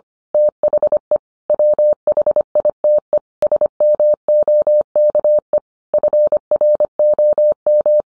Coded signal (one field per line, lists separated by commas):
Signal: Morse code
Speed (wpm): 25 wpm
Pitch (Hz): 600 Hz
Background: none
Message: THE WHITE SMOKE FROM